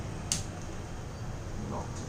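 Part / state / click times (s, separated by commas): PC build component into its mount or slot / seated / 0.3 s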